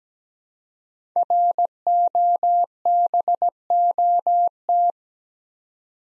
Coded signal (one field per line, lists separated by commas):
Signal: Morse code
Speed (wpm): 17 wpm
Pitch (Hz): 700 Hz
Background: none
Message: ROBOT